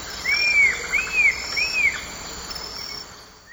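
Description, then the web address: Cinnamon attila song of three clear, arched whistled notes in quick succession, each rising then falling, over steady insect hum. Eastern lowlands of South America. "Natures Songs S America Eastern Lowlands Cinnamon Attila"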